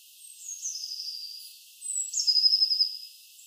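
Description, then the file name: Eurasian blue tit uttering two long, thin, high whistled notes that slide gently downward, the second louder. "Cyanistes caeruleus"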